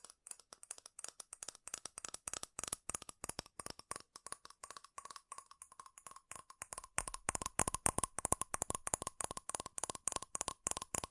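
Fast, furious tapping on metal, dense irregular clicks with a bright ring, growing louder and busier after about seven seconds.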